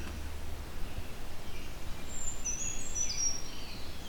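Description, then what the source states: Brown creeper song: very high, thin, faint notes repeated for about two seconds near the end, over low steady background rumble. Apparently two birds singing, very high pitched, in the Halton forest, Ontario; song like a short, less complicated version of the winter wren's.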